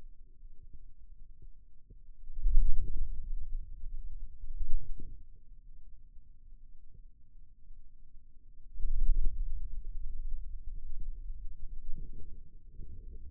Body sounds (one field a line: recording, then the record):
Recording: forearm muscle sounds (acoustic myography)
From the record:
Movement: wrist extension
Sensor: system 2, bracelet of six BSWA MPA416 microphones around the upper forearm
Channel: 1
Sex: male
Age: 22 years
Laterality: right